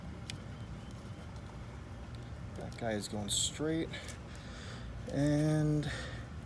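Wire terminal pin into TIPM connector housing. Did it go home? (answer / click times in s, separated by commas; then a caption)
no / none. A wire terminal pin is handled at the plastic connector housing of the TIPM on a 2013 Chrysler Town & Country during a pin swap to fix front turn signals and hazard lights that don't work while the rear lights do. Someone talks over faint handling noises, with a brief tick near 0.3 s. Nothing has seated or clicked yet.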